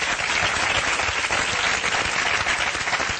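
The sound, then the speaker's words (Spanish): An audience applauds Pepe Colubi steadily, a dense wash of many hands clapping at an even, sustained loudness throughout, with no voices breaking through. “Vamos a darle un aplauso a Pepe Colubi, por favor.”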